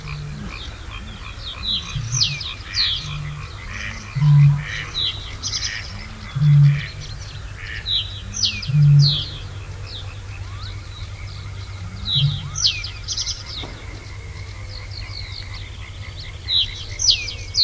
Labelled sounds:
Reed Bunting (Emberiza schoeniclus)

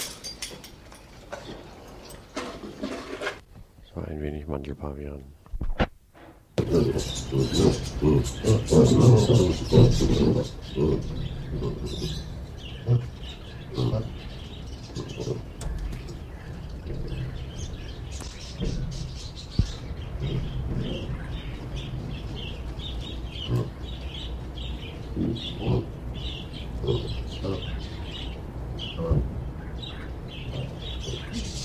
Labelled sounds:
Hamadryas Baboon (Papio hamadryas) call

